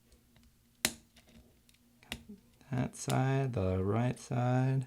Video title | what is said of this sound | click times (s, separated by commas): LEFT ARROW key replacement on the 13" Macbook Pro Early 2009 Core 2 Duo 2.53 Ghz | and now that it's in place just take your finger and push down on it until it snaps a couple times | 0.8 s, 2.1 s